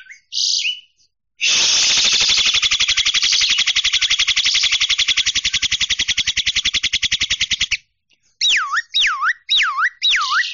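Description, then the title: Javan myna giving short high notes, then a long rapid harsh rattle for about six seconds, followed by four looping whistles that rise and fall. "Jalak Kebo"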